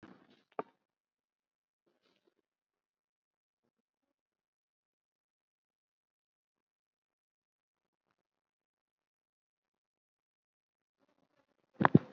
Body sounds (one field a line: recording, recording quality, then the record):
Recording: shallow breathing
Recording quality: poor, much background noise or distortion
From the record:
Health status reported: COVID-19 positive, mild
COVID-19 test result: positive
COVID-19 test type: RT-PCR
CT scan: taken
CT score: 5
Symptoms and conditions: cough, breathing difficulty, fever, another respiratory illness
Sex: male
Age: 56 years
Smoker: no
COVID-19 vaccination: none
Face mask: not worn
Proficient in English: no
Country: India